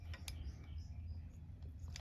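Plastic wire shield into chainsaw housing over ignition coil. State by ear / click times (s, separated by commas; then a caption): not seated / none. A plastic wire shield is handled over the ignition coil wiring in the housing of a Stihl MS201T chainsaw during a case split and rebuild. A low steady rumble runs under a few faint, short handling ticks near 0.1, 0.3 and 2.0 seconds. The shield has not yet snapped into place, and nothing has seated or clicked yet.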